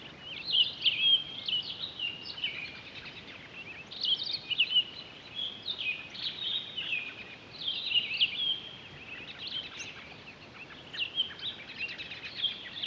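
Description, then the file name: Townsend's solitaire delivering separate warbled phrases of high, rapid notes, with short lulls and soft hiss between them. Recorded 23 October 2011. "20111023 townsends-solitaire"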